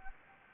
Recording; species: mosquito wingbeat signal from an infrared sensor; Anopheles gambiae